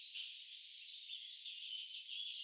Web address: vogelstimmen gartenbaumlaeufer gesang nabu lars lachmann